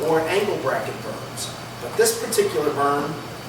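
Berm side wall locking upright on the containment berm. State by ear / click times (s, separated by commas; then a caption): not seated / none. A side wall of a containment berm is being handled before it flips up and locks upright, locking so there is no trip hazard. Someone talks throughout over a faint steady hum. Nothing has seated or clicked yet.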